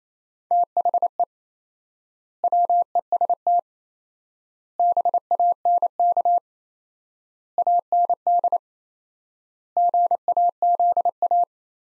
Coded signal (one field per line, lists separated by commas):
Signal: Morse code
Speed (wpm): 28 wpm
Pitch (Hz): 700 Hz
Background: none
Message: THE WEST BANK AND GAZA